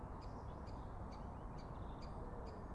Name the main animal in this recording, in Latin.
Dendrocopos major